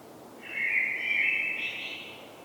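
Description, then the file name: Common blackbird with a single smooth, flute-like warble lasting about two seconds, rising a little near the end, against a quiet hissing background. "Turdus merula"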